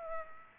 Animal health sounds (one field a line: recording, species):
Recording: mosquito wingbeat signal from an infrared sensor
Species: Aedes aegypti